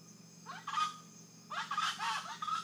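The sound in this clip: Rufous-vented chachalaca giving two bursts of harsh, rough cackling notes, fairly quiet, over a steady low hum.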